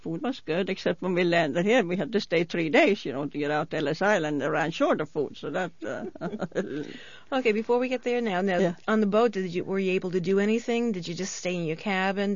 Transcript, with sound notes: The food was good, except when we landed here, we had to stay three days, you know, to get out Ellis Island, they ran short of food, so that's... (she laughs)
Okay, before we get there now. Now on the boat, were you able to do anything? Did you just stay in your cabin?